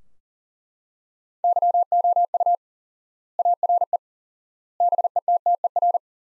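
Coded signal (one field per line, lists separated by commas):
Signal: Morse code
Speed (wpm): 37 wpm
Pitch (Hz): 700 Hz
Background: none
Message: YOU ARE BETTER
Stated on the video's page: Morse practice of sentences from the top 400 words at 40 wpm with 4x standard word spacing, a Farnsworth-like method.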